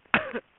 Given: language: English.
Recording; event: throat vibration sensor signal played as sound; cough